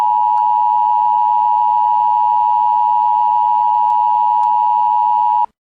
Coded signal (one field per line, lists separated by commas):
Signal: Emergency Alert System (SAME) tones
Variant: 853 and 960 Hz attention tone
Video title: EAS Scenario- Tyrone, PA Chemical Plant Disaster